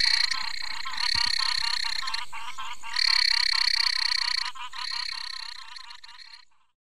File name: Ptychadena tournieri